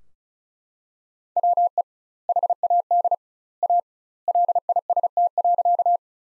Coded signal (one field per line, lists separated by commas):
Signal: Morse code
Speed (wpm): 34 wpm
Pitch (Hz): 700 Hz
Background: none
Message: WE HAD A LIST.